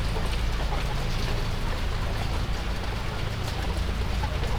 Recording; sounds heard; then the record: poultry house recording; healthy chickens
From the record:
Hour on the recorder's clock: 11